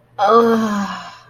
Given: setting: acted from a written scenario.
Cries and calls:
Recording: vocal sound without words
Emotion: ecstasy

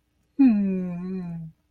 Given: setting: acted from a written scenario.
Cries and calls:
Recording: vocal sound without words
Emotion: adoration

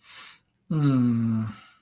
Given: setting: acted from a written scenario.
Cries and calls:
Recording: vocal sound without words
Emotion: shame

